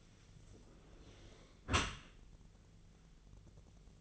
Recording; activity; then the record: daily activity, microphone in the room; close dishwasher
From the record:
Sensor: 4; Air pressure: 1001.2 hPa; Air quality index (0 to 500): 184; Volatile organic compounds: 2 ppm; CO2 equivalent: 1310 ppm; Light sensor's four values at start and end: 13/29/12/12 and 14/31/13/13